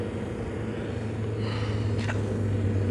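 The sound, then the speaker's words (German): A car pulls up with a steady, low engine rumble that holds throughout, while a couple of brief higher squeaks or screeches rise over it partway through. No voices. “Hörst du? Der Wagen fährt schon vor.”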